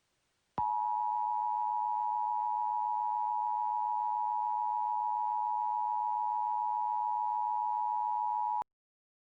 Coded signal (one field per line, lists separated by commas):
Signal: Emergency Alert System (SAME) tones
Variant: 853 and 960 Hz attention tone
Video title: EAS Scenario - Abduction in Detroit